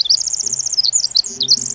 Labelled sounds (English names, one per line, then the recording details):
Pacific Wren
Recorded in Sonoma County, California